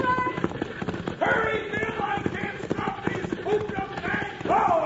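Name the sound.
galloping horse hooves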